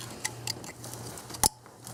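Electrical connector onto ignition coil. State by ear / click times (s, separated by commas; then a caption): seated / 1.5 s. On a 2001 Infiniti QX4 3.5L V6, after the spark plug is installed on the left bank, the electrical connector is pushed back onto the ignition coil. Softer ticks come at about 0.3 s and 0.5 s, then one clear sharp snap at 1.5 s as the connector seats, over a steady low hum. Someone talks.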